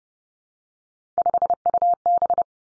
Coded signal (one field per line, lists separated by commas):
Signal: Morse code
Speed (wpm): 30 wpm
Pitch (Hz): 700 Hz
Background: none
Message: 5UB